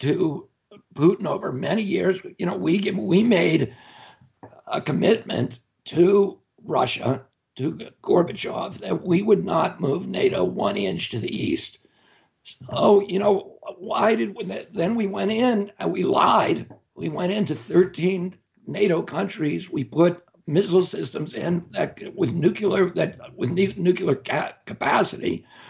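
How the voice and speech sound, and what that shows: An adult man speaks about foreign policy in a tight, strained, creaky voice. His phrases break into choppy bursts, with stretched sounds and abrupt stops. The strangled, effortful voicing is due to the spasmodic dysphonia he has, a neurological disorder in which the vocal cords spasm during speech.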